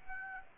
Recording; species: mosquito wingbeat signal from an infrared sensor; Aedes aegypti